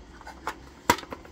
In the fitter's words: it clicks in securely and it holds itself